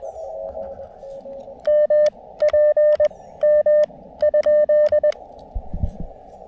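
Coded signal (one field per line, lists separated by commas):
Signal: Morse code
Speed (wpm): 20 wpm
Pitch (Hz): 600 Hz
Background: radio noise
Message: MPM ?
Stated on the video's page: CW from a rainy POTA park activation with an Elecraft KX2, KXPD2 paddles, battery power and a random wire antenna.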